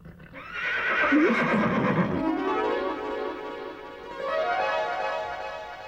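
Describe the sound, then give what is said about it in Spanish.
A horse being ridden lets out a loud, drawn-out whinny with a wavering, high-pitched tone that slowly trails off, followed by a second, softer neighing phrase; no one speaks. “Pensé que era la diosa Venus montada en un caballo, Leica.”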